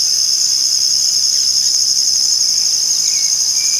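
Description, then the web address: Insects in a dense, continuous high-pitched buzzing chorus, several steady shrill layers overlapping without a break. Insect ambience. "E-MU Producer Series Vol 2 – More Studio Essentials SFX Insect Ambience BUGS"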